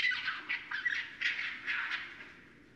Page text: Night Sounds, Pt 6 – Raccoons – Stan Courtney. Raccoon 2012 01 04